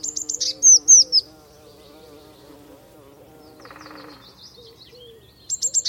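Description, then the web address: Eurasian blue tit calling: quick high buzzy notes and a few thin descending whistles, then a pause before another fast buzzy burst, with a faint low hum beneath. "Deverinetal Bird Only Cy Ca"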